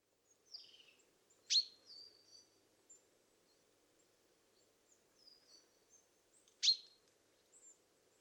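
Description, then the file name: Common chaffinch calls: two sharp, loud downslurred notes about five seconds apart, with faint thin high chirps scattered between them. "Fringilla coelebs"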